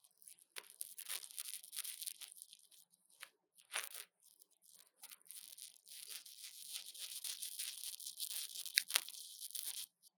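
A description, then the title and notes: Ear cleaning, captured as a close scratchy rustle of rubbing and scraping. Dense bursts of hissy crackle come and go, mostly high and bright, with brief gaps near 2.5, 4.5 and 6 seconds and a sharper scratch just before 9 seconds. ASMR 刺痛注意!!幫手機掏掏耳朵 | Lo-fi | Ear Cleaning | NO Talking.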